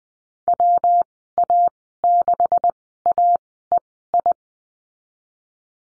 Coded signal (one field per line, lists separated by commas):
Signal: Morse code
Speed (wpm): 20 wpm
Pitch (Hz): 700 Hz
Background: none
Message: WA6AEI